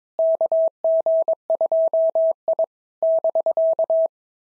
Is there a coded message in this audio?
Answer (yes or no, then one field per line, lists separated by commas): yes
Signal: Morse code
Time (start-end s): 0.2-4.1 s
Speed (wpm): 22 wpm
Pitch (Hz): 650 Hz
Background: none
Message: KG2I <BK>